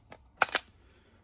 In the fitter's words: So, they only go one way, and they just snap into place.